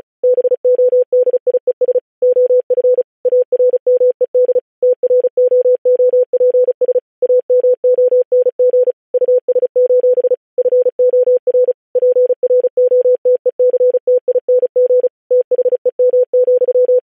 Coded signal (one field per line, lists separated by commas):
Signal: Morse code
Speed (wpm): 36 wpm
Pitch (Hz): 500 Hz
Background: none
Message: BODIES OF ARMED TROOPS AMONG US: FOR PROTECTING THEM,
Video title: July 4, 1776. The Declaration of the thirteen united States of America in Morse Code